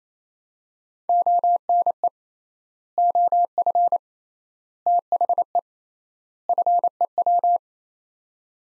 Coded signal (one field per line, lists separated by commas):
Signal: Morse code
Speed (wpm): 28 wpm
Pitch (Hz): 700 Hz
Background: none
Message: ONE OF THE FEW